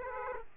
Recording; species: mosquito wingbeat signal from an infrared sensor; Aedes aegypti